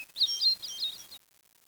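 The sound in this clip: Bird call as a brief, high chirping warble lasting about a second, with quick twittering inflections, then quiet background.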